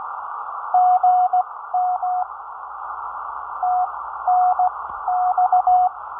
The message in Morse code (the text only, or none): GM TNX